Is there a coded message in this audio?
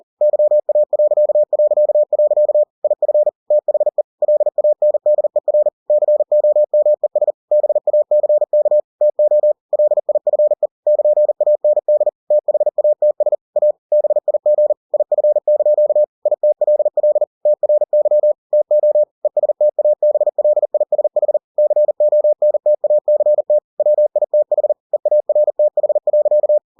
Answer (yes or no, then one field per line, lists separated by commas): yes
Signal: Morse code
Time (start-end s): 0.2-26.6 s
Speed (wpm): 40 wpm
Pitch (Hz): 600 Hz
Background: none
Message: YA... IF THE LANDER COMES BACK TO LIFE <KN>AND THATS A BIG IF) ITLL TRY TO ESTABLISH CONTACT WITH EARTH.